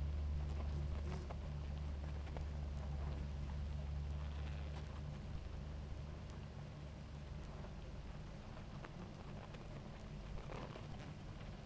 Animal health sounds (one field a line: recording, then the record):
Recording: honeybee colony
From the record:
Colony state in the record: active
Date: 28 July 2017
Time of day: 18:13